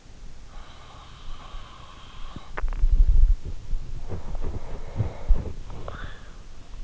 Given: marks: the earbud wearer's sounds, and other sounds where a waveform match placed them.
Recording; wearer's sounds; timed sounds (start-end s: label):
sounds in sleep by an in-ear microphone; breath, swallowing
0.39-2.20 s: breath
2.20-3.75 s: swallowing
3.75-6.84 s: breath